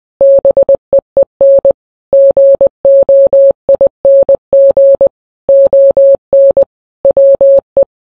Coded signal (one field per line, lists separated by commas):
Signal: Morse code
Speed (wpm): 20 wpm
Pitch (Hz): 550 Hz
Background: none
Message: BEEN GOING ON WE